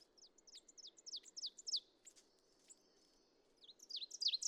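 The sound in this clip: Ovenbird song of repeated high down-slurred notes getting louder, a short lull, then another song beginning.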